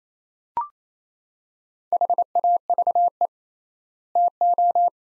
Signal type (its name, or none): Morse code